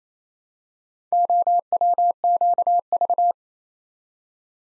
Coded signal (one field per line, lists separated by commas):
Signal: Morse code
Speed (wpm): 27 wpm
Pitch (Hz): 700 Hz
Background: none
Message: OWQV